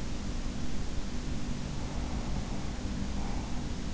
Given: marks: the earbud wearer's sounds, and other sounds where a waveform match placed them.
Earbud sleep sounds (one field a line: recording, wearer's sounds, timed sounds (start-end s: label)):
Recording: sounds in sleep by an in-ear microphone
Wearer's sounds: breath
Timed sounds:
1.39-3.81 s: breath